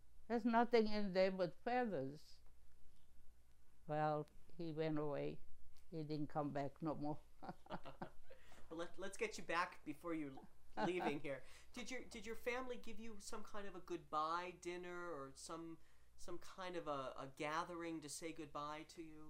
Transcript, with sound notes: There's nothing in there but feathers". Well, he went away, he didn't come back no more. (laughing)
Well, let's, let's get you back before you leaving here. Did your, did your family give you some kind of a good-bye dinner or some, some kind of a gathering to say good-bye to you?